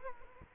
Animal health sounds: mosquito wingbeat signal from an infrared sensor; Culex quinquefasciatus

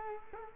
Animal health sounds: mosquito wingbeat signal from an infrared sensor; Culex quinquefasciatus

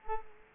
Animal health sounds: mosquito wingbeat signal from an infrared sensor; Culex quinquefasciatus

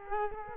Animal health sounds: mosquito wingbeat signal from an infrared sensor; Culex quinquefasciatus

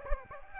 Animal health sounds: mosquito wingbeat signal from an infrared sensor; Aedes aegypti

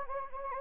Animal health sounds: mosquito wingbeat signal from an infrared sensor; Anopheles gambiae

